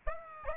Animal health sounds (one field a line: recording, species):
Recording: mosquito wingbeat signal from an infrared sensor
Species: Aedes albopictus